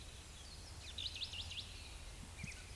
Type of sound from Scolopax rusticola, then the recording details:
whistle, croak. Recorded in Baden-Württemberg, Germany, on 10 May 2021 at 19:20 UTC. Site 24606, 635 m above sea level